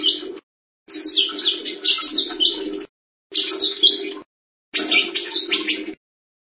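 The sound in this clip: Bird song in four bursts of scratchy, twittering notes mixed with a low buzzing undertone, separated by short silences.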